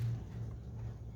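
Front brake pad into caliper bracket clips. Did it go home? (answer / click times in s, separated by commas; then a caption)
no / none. A front brake pad for a 2012 Toyota Corolla is handled and guided toward the caliper bracket's little retaining clips, over a steady low rumble with no sharp transients. Nothing has seated or clicked yet; the pad is not yet snapped into the bracket.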